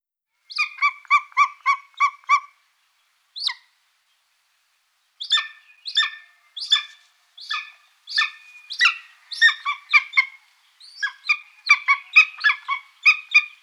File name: Steinadler Aquila-chrysaetos Rufe